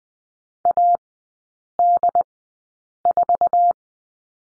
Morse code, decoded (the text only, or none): AD4